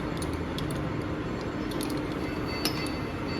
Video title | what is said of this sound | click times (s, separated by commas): Mikro Teaching Proses Pengeboran (Drilling) Ijlal Haris Pramudya_23073050105 | Nah, di sini posisinya sudah terkunci. | 2.6 s